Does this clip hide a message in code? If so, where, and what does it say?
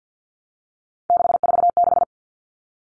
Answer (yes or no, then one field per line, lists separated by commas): yes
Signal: Morse code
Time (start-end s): 1.1-2.0 s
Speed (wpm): 49 wpm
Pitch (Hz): 700 Hz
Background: none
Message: 646